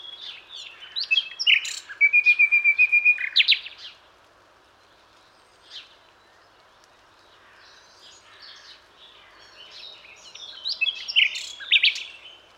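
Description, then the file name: Common nightingale singing varied phrases: a burst of high chirps, then a fast, evenly repeated run of sharp notes, a pause, and more scattered warbled notes near the end. "Luscinia megarhynchos"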